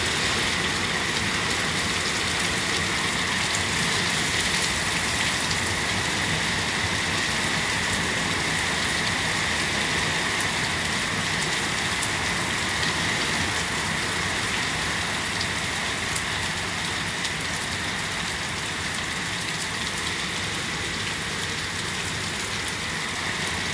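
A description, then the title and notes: Water falling from the sky, heard as a steady, dense hiss of rain that holds at an even level for the whole 24 seconds. The sound is bright and fizzy, with a faint tonal band running through it and no distinct separate events. Strange Water from the Sky. Moved to California summer 2005.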